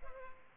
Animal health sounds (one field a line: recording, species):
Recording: mosquito wingbeat signal from an infrared sensor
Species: Culex pipiens